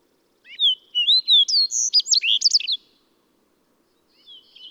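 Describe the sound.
Bird song: a phrase of high whistled and slurred notes speeds into a jumble of quick chirps, then stops; a fainter phrase begins near the end.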